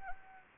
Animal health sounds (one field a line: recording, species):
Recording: mosquito wingbeat signal from an infrared sensor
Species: Anopheles arabiensis